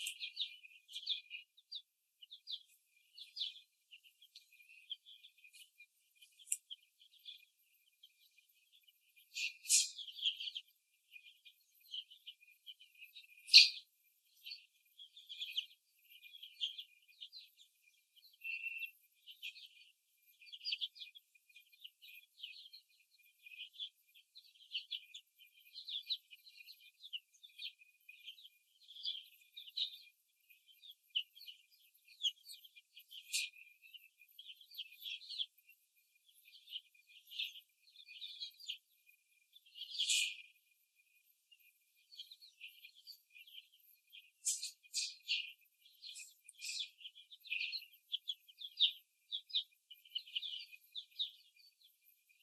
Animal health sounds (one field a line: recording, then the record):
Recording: young laying hens in a cage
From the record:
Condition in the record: after the stressor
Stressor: simulated dog barking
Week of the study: 2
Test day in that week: 3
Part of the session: 1